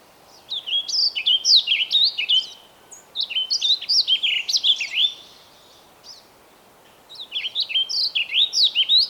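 Bird song: three energetic phrases of quick, swooping whistled notes, each a few seconds long, separated by brief silences.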